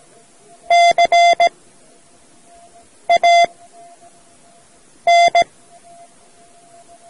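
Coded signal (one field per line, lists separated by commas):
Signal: Morse code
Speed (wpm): 17 wpm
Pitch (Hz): 690 Hz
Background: none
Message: CAN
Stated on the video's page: Morse code learning lesson from a radio society audio cassette.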